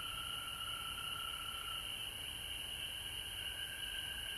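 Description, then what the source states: Many frogs calling together in a constant high-pitched trill chorus, even in loudness from start to finish. Recorded at home in Georgia on March 19, 2020.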